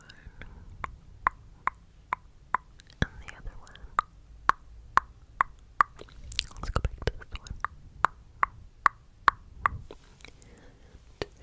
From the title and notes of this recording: ASMR Tracing Your Face w Tongue Clicking personal attention.